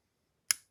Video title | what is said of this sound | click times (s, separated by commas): Nip Lite Drop Information - 8/15 @ 1PM EST | click into place and then you can watch it travel out | 0.5 s